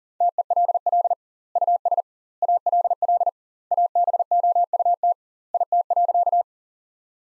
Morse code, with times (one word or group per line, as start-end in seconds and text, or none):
0.2-1.1 TELL
1.6-2.0 US
2.4-3.3 ALL
3.7-5.1 ABOUT
5.5-6.4 IT.